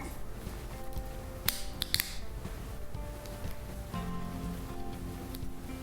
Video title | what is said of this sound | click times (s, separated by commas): Chainsaw blade guidelines and proper use. | and then when it's assembled you'll hear it click | 1.9 s